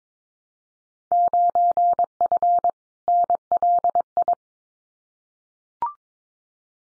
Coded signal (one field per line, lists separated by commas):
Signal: Morse code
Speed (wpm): 22 wpm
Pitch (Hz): 700 Hz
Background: none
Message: 9F NLI